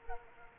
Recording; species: mosquito wingbeat signal from an infrared sensor; Culex quinquefasciatus